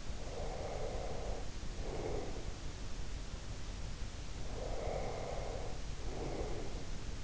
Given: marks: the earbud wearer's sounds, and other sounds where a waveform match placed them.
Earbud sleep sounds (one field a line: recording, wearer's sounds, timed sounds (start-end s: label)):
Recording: sounds in sleep by an in-ear microphone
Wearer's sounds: breath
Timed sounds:
0.08-2.73 s: breath
4.39-7.24 s: breath